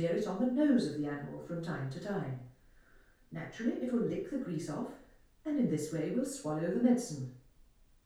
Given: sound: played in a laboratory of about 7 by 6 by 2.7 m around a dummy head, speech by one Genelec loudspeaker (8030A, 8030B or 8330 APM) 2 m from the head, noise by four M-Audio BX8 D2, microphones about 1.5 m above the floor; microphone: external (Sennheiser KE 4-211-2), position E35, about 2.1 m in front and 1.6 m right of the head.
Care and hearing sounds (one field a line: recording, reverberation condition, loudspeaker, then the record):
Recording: female speech in English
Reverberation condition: medium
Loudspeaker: 60 degrees to the left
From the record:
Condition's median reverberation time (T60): about 510 ms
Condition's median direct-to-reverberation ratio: about -0.5 dB